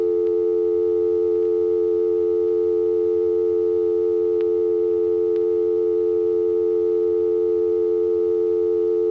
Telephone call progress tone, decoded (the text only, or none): dial tone